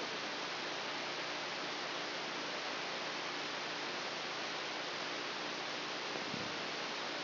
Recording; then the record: brain microelectrode recording played as sound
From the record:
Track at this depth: inside the subthalamic nucleus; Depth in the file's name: 2.311 mm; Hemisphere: left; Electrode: 2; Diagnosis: Parkinson's disease